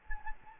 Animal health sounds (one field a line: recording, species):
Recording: mosquito wingbeat signal from an infrared sensor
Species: Anopheles gambiae